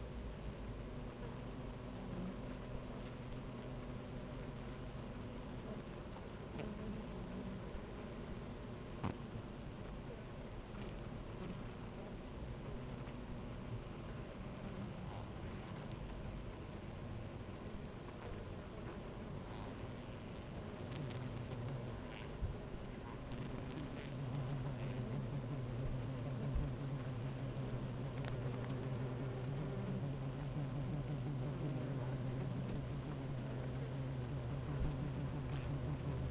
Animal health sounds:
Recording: honeybee colony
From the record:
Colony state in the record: active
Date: 28 July 2017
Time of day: 11:58

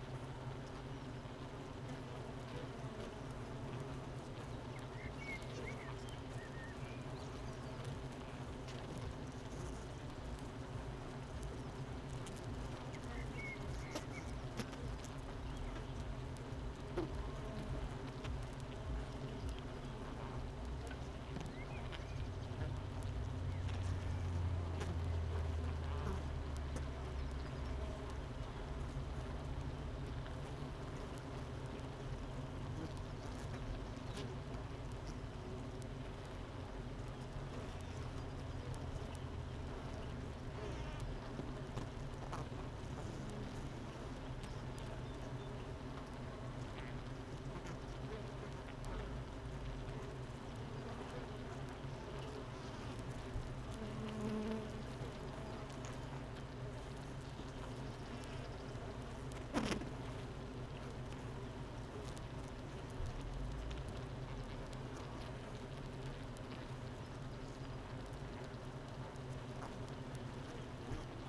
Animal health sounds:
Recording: honeybee colony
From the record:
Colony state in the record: missing queen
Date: 31 May 2018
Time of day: 8:33

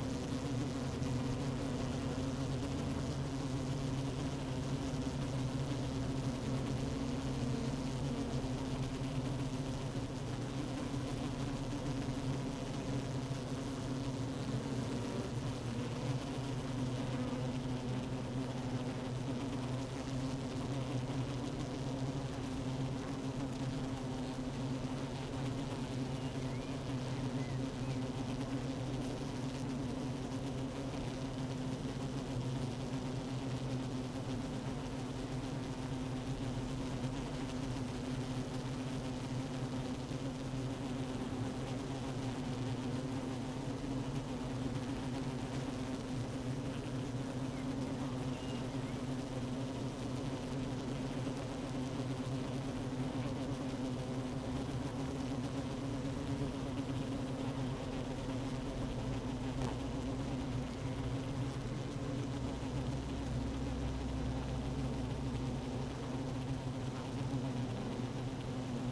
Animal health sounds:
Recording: honeybee colony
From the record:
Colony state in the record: active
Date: 12 June 2018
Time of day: 15:45

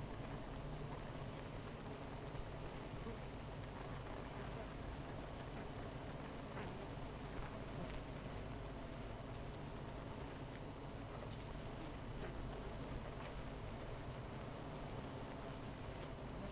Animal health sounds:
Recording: honeybee colony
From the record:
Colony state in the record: missing queen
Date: 14 July 2017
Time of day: 10:17

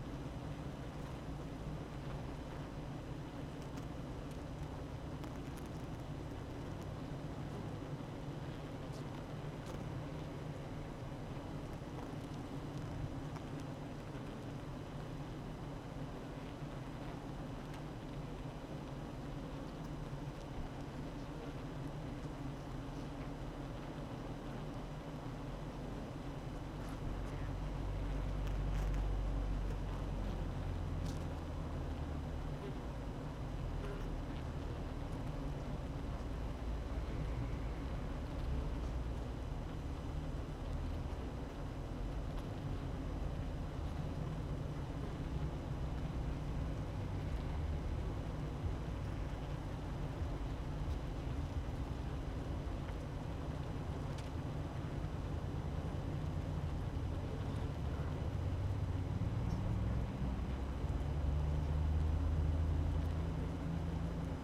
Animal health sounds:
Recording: honeybee colony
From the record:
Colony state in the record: active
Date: 12 June 2018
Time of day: 8:13

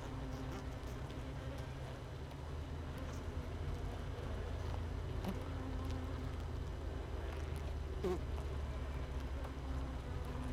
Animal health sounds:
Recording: honeybee colony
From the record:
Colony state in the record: missing queen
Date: 31 May 2018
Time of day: 17:18

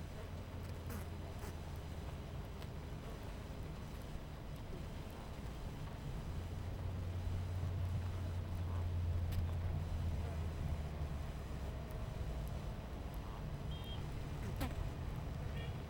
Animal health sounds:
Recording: honeybee colony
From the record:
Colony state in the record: missing queen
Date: 14 July 2017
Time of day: 11:19

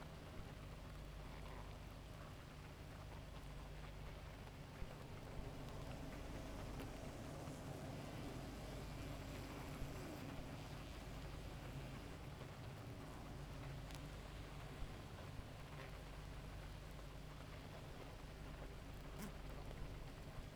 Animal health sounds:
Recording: honeybee colony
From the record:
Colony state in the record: active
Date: 28 July 2017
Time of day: 2:57

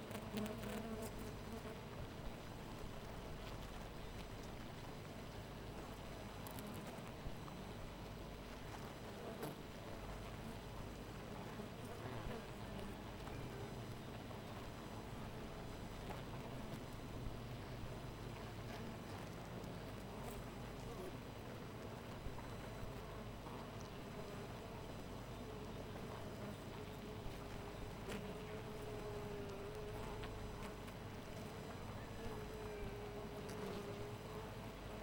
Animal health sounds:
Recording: honeybee colony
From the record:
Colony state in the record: missing queen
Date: 14 July 2017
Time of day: 4:25

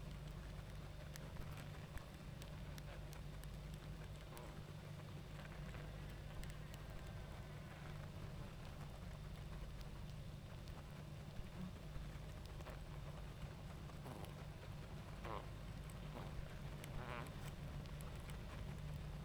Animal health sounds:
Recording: honeybee colony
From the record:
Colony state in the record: active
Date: 28 July 2017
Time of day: 20:47

